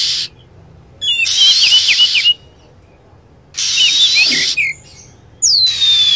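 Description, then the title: Lovebird's harsh rasping chatter with quick stuttered high chirps laid over it, two long bursts separated by silence, ending on a falling whistle. Lure sound (pikat) used to attract lovebirds. "PIKAT BURUNG LOVEBIRD"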